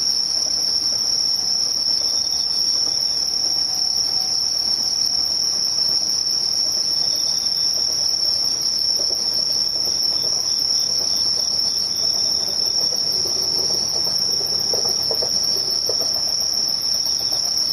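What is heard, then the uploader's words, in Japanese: Insects, mostly crickets, keep up a steady, high-pitched whine with a thin, constant buzz layered above it for the whole stretch. Otherwise the scene is nearly silent, with only a faint low murmur and a few soft mid-range sounds around the thirteen to sixteen second mark. ほぼ無音 後半ムシ。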